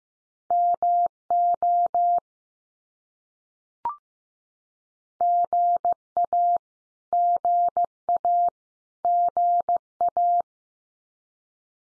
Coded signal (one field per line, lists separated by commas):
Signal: Morse code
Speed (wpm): 15 wpm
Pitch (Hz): 700 Hz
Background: none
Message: MO GA GA GA